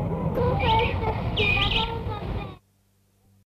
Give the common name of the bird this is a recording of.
King Penguin